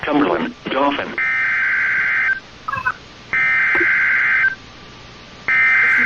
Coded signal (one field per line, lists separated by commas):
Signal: Emergency Alert System (SAME) tones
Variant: header bursts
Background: speech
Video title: BY THE POWER OF DXING! | EAS Alerts from May 29, 2020 (EAS #361-376)